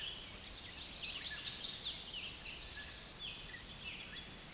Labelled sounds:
American Redstart (Setophaga ruticilla) song
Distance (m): 20 m
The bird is about 10 m above the microphone
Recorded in a Pennsylvania forest on 16 May 2024 at 06:25
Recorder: AudioMoth, point MSD-2112
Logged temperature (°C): 16.3 °C
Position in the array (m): 34 m, 219 m

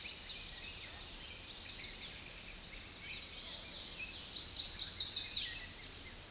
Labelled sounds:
Chestnut-sided Warbler (Setophaga pensylvanica) song
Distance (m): 20 m
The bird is about 5 m above the microphone
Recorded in a Pennsylvania forest on 16 May 2024 at 07:11
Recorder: AudioMoth, point MSD-1405
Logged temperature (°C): 15.6 °C
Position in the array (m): 166 m, 171 m

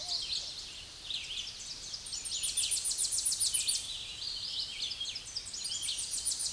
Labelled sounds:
Tennessee Warbler (Leiothlypis peregrina) song
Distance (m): 35 m
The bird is about 30 m above the microphone
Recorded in a Pennsylvania forest on 16 May 2024 at 08:13
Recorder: AudioMoth, point MSD-1401
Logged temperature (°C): 16.4 °C
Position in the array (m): 59 m, 178 m

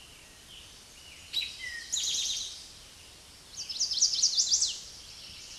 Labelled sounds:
Eastern Towhee (Pipilo erythrophthalmus) song
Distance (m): 5 m
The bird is about 5 m above the microphone
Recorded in a Pennsylvania forest on 16 May 2024 at 06:06
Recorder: AudioMoth, point MSD-2166
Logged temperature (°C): 16.3 °C
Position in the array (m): 106 m, 7 m

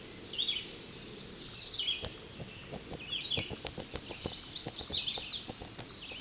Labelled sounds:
Red-eyed Vireo (Vireo olivaceus) song
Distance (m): 20 m
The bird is about 20 m above the microphone
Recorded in a Pennsylvania forest on 16 May 2024 at 09:32
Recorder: AudioMoth, point MSD-2305
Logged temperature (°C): 16.9 °C
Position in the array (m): 59 m, 198 m

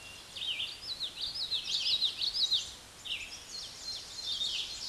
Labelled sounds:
Common Yellowthroat (Geothlypis trichas) song
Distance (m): 5 m
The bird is about level with the microphone
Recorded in a Pennsylvania forest on 16 May 2024 at 06:30
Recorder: AudioMoth, point MSD-2258
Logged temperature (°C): 15.2 °C
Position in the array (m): 156 m, 85 m

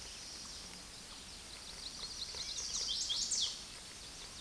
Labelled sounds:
Chestnut-sided Warbler (Setophaga pensylvanica) song
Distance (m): 20 m
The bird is about 15 m above the microphone
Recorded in a Pennsylvania forest on 16 May 2024 at 09:02
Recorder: AudioMoth, point MSD-1360
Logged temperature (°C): 14.8 °C
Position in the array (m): 173 m, 218 m

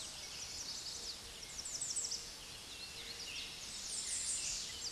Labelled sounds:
American Redstart (Setophaga ruticilla) song
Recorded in a Pennsylvania forest on 16 May 2024 at 06:12
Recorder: AudioMoth, point MSD-2478
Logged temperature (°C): 15.6 °C
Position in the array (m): 92 m, 206 m

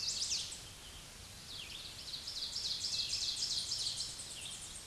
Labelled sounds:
Ovenbird (Seiurus aurocapilla) song
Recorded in a Pennsylvania forest on 16 May 2024 at 06:44
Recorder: AudioMoth, point MSD-2429
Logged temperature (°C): 16.7 °C
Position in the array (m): 81 m, 63 m

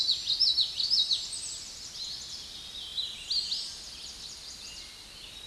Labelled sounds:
Hooded Warbler (Setophaga citrina) song
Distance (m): 55 m
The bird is about 10 m above the microphone
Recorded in a Pennsylvania forest on 16 May 2024 at 06:54
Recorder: AudioMoth, point MSD-2143
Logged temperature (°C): 16.0 °C
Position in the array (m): 2 m, 156 m

